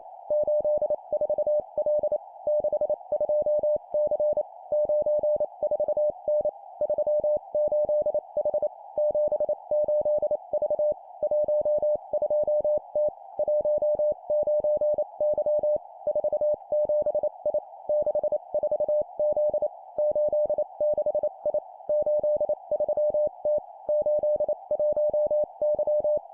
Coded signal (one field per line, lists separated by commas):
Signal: Morse code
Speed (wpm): 28 wpm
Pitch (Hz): 600 Hz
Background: none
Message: 84L 62C 94N 38H 78V 12T 19Y 47I 64Z 86I 83T 81Y